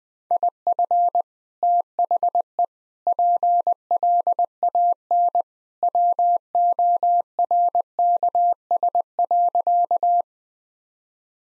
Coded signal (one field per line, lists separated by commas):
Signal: Morse code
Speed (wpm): 20 wpm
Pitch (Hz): 700 Hz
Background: none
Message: IF THE PLAN WORKS.